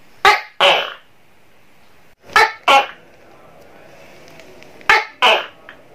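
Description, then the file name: Tokay gecko giving three paired calls, each a short sharp syllable then a drawn-out rasping one, spaced roughly two seconds apart, with quiet background. "suara tokek seram"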